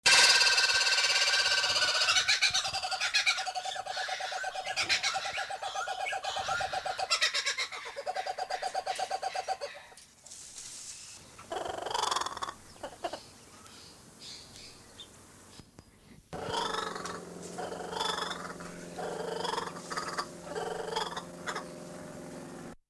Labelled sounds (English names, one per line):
Laughing Kookaburra call